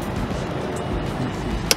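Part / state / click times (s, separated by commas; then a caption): plastic trim retainer in the fender area of an SUV / released / 1.7 s. On a 2014–2019 Toyota Highlander SUV, a flathead screwdriver turns a plastic trim retainer on a small piece in the fender area, over a steady low background of music and vehicle-like noise. A short, sharp click at 1.7 s marks the retainer unlocking and releasing.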